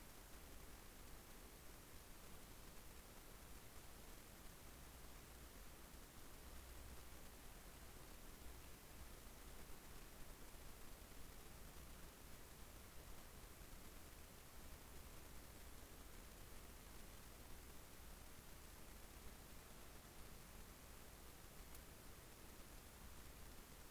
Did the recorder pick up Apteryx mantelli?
no